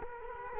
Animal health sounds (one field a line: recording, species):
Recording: mosquito wingbeat signal from an infrared sensor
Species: Culex quinquefasciatus